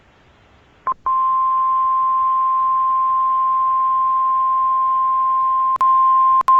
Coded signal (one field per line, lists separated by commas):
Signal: Emergency Alert System (SAME) tones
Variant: 1050 Hz attention tone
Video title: Tornado Watch (EAS #174)